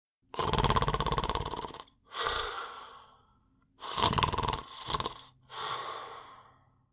Deep snoring old man sleeping.